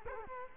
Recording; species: mosquito wingbeat signal from an infrared sensor; Culex quinquefasciatus